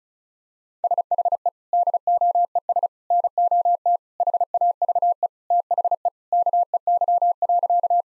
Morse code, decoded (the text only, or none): SHE DOES NOT HAVE THE KEY.